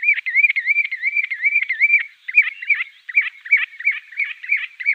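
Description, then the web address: Common ringed plover in a continuous, warbling stream of high rolling notes that breaks into quicker, choppier phrases toward the end. Male in display flight. "Schulze Peter Ringed Plover male displayflight"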